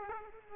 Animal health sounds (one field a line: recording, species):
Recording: mosquito wingbeat signal from an infrared sensor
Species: Aedes aegypti